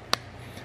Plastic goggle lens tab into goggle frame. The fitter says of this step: one I heard a snap and this